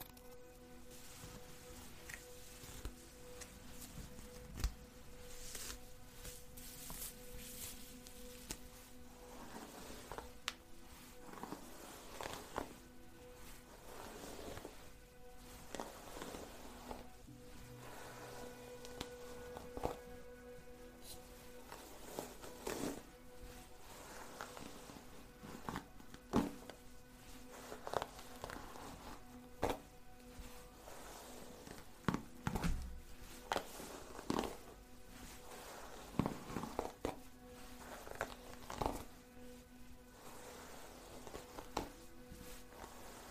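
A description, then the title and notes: Soft, irregular brushing strokes repeat every second or two over a steady low background music drone, with scattered brighter scratchy bursts throughout. At-Home Hair Spa | Hair Brushing, Ambient Music.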